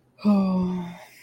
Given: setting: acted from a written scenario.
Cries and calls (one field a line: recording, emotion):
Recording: vocal sound without words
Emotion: serenity